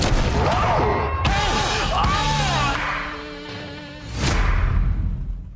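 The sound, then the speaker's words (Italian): A few sharp, loud gunshots crack out at irregular intervals in a film trailer, over a dense bed of dramatic trailer music, with a voice briefly audible between the bangs. “spari, dialoghi da Quentin Tarantino, The Hateful Eight, il film che arriva in tutta Italia il 4 febbraio”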